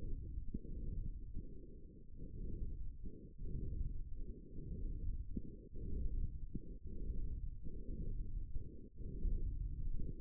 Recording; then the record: forearm muscle sounds (acoustic myography)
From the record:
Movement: hand closing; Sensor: system 1, eight BSWA MPA416 microphones around the upper forearm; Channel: 7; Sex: female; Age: 22 years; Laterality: right